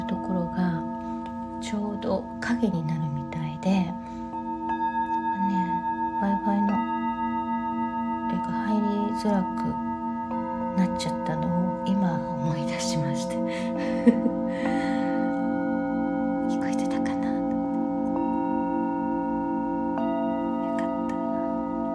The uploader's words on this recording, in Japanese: メキシコから シンギングボウルのサウンドヒーリング ライブ。